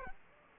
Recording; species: mosquito wingbeat signal from an infrared sensor; Aedes aegypti